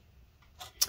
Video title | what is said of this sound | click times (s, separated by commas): HP COMPAQ 8200 Elite Ultra Slim Ultra-Slim Desktop Disassembly RAM SSD Hard Drive Upgrade Repair | and then click it into place and there we go | 0.8 s